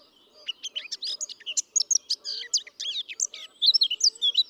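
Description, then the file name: Eurasian blackcap singing a dense, fast warble of twittering and whistled notes; faint low tones sound underneath. "Sylvia atricapilla"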